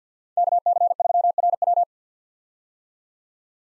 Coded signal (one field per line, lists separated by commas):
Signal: Morse code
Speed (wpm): 50 wpm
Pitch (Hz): 700 Hz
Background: none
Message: KC3RW